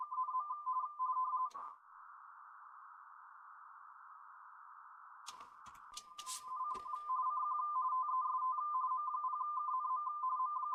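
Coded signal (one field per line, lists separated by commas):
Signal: RTTY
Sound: fast warbling two-tone teleprinter chatter near 1 kHz, briefly interrupted by clicks and noise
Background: radio static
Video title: M0KNM - CQ WW RTTY Contest 2025 27/09/25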